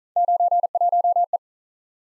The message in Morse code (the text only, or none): 91E